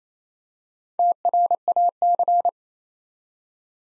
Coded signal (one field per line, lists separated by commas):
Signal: Morse code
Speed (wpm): 28 wpm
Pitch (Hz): 700 Hz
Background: none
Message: TRAC